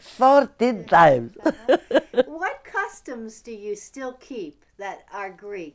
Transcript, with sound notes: Thirteen times. (They laugh)
What customs do you still keep that are Greek?